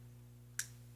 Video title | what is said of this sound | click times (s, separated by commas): Transformers Legacy HasLab Victory Saber Transformation Guide! | like that and I'll kind of Click into place there | 0.6 s